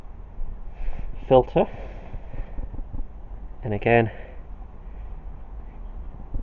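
A new diesel fuel filter element is handled next to its filter housing under a 2005 Chrysler Grand Voyager 2.8 CRD van during a fuel filter replacement, while someone talks over low background noise. The element has not been pushed home yet, so nothing has seated or clicked in this clip.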